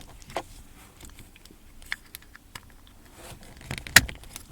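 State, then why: Seated. A wiring connector is pushed firmly back into the steering column stalk switch of a 1999–2007 Skoda Fabia Mk1 (Comfort 02). Amid faint rustling and small knocks, a sharp, loud click at 4.0 s shows the connector seating in place.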